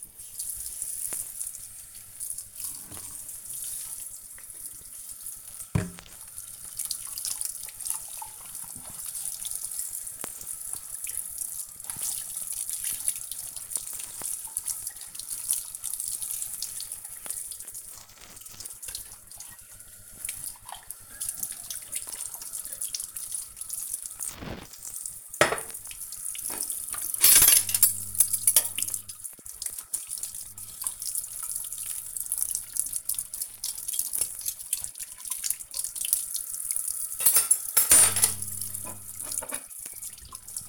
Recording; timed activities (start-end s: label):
household activities, microphone on the right wrist
0.00-40.68 s: washing dishes